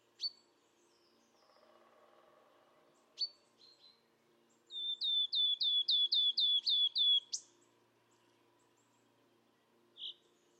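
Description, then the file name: Wood warbler song: a few scattered high chips, then a run of about eight clear descending whistled notes repeated rapidly, and a lone soft note afterwards. "Mathias Ritschard - Penochka-trecshotka Phylloscopus sibilatrix"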